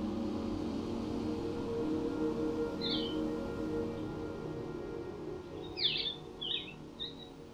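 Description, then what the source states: Blue-headed Vireo song: a single short, sweet slurred phrase, with a long pause before a closer cluster of three phrases, over a steady low hum. Songful insectivore breeding in boreal and montane forests; song slower and sweeter than red-eyed vireo's, longer pauses between phrases; audio modified for listeners with high-frequency hearing loss.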